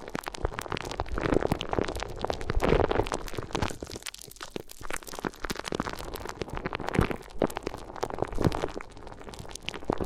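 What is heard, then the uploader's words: Crinkly ear massage: dense, continuous rustling and crackling with many sharp clicks packed tightly together throughout. The crinkling swells and fades in waves, busiest around two to three seconds and again near seven and eight, with a quieter, thinner patch around four to five seconds. ASMR Addictive Crinkly Ear Massage (No Talking).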